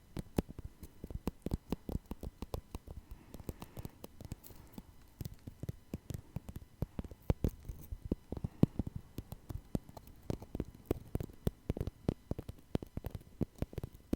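Tapping fills the clip with quick, irregular clicks and knocks, many per second, with no speech. The taps vary in strength, some sharp and bright, others dull and low, over a faint steady hiss. The busy pace holds throughout.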